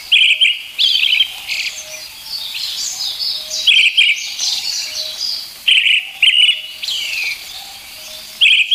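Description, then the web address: Brown-headed thrush delivering several brisk phrases of clear notes ending in a high thin flourish, against a dense background of chirping birds. "sikioto birds akahara"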